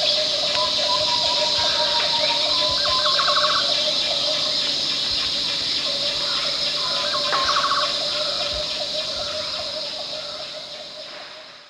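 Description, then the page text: Green Broadbill call, a level note swelling into a short bubbling trill, given twice against dense buzzing insects and forest hum. At Danum, Borneo, 1 July 2008. "Sound of Green Broadbill at Danum"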